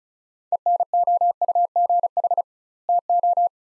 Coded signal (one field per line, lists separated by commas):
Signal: Morse code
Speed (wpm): 36 wpm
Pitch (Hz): 700 Hz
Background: none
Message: ENOUGH TO